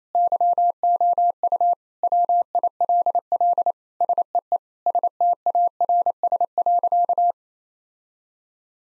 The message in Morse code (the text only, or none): YOU WILL SEE STARS.